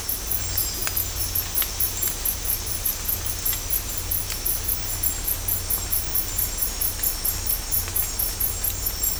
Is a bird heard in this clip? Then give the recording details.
no. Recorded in dense forest near Puerto Asís, Putumayo, Colombia, on 18 December 2024 at 22:30. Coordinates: 0.503, -76.323. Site G043